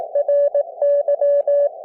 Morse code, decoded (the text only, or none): RY